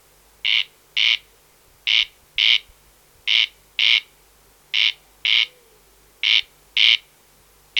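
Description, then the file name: Corn crake giving its grating two-part call, buzzy paired rasps coming in a steady rhythm, five pairs throughout, with little else audible. "Wachtelkönig Crex crex - Gesang (Bergmann)"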